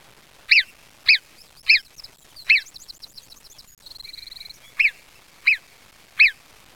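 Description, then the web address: Marmot calls: seven sharp, piercing whistled yelps given singly, with a brief run of softer notes midway. "sons marmotte"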